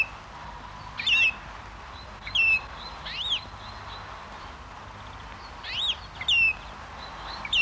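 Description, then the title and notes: Great Grey Shrike giving several squawking whistled calls, singly or in pairs, over steady background noise. "Viikon luontoääni: Isolepinkäinen. Tuomas Seimola"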